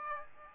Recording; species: mosquito wingbeat signal from an infrared sensor; Aedes aegypti